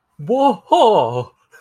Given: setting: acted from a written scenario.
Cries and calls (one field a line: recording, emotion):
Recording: vocal sound without words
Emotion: fear